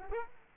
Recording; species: mosquito wingbeat signal from an infrared sensor; Culex quinquefasciatus